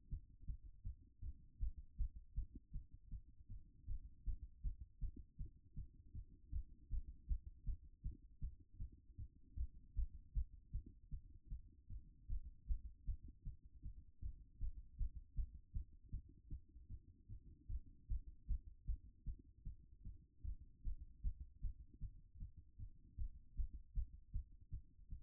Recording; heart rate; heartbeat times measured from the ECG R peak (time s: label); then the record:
heart sounds by stethoscope; 156 bpm
0.09 s: heartbeat
0.46 s: heartbeat
0.83 s: heartbeat
1.21 s: heartbeat
1.59 s: heartbeat
1.97 s: heartbeat
2.34 s: heartbeat
2.72 s: heartbeat
3.09 s: heartbeat
3.47 s: heartbeat
3.86 s: heartbeat
4.24 s: heartbeat
4.62 s: heartbeat
5.00 s: heartbeat
5.37 s: heartbeat
5.75 s: heartbeat
6.13 s: heartbeat
6.51 s: heartbeat
6.89 s: heartbeat
7.27 s: heartbeat
7.65 s: heartbeat
8.02 s: heartbeat
8.40 s: heartbeat
8.78 s: heartbeat
9.16 s: heartbeat
9.55 s: heartbeat
9.94 s: heartbeat
10.33 s: heartbeat
10.71 s: heartbeat
11.10 s: heartbeat
11.48 s: heartbeat
11.88 s: heartbeat
12.27 s: heartbeat
12.66 s: heartbeat
13.05 s: heartbeat
13.44 s: heartbeat
13.82 s: heartbeat
14.20 s: heartbeat
14.59 s: heartbeat
14.97 s: heartbeat
15.35 s: heartbeat
15.72 s: heartbeat
16.10 s: heartbeat
16.49 s: heartbeat
16.88 s: heartbeat
17.27 s: heartbeat
17.67 s: heartbeat
18.07 s: heartbeat
18.47 s: heartbeat
18.85 s: heartbeat
19.24 s: heartbeat
19.63 s: heartbeat
20.03 s: heartbeat
20.43 s: heartbeat
20.83 s: heartbeat
21.22 s: heartbeat
21.61 s: heartbeat
22.00 s: heartbeat
22.38 s: heartbeat
22.77 s: heartbeat
23.16 s: heartbeat
23.55 s: heartbeat
23.94 s: heartbeat
24.32 s: heartbeat
24.70 s: heartbeat
25.09 s: heartbeat
From the record:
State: after exercise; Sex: female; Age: 25 years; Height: 169 cm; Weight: 64 kg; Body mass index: 22.41